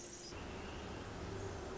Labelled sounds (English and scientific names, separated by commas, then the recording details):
Pacific Wren (Troglodytes pacificus)
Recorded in Sonoma County, California